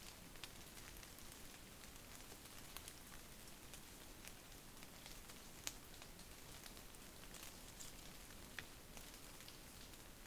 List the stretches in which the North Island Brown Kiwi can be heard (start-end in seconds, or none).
none